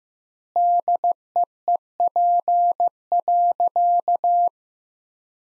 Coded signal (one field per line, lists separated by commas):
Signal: Morse code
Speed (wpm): 15 wpm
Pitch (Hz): 700 Hz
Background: none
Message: DEEP.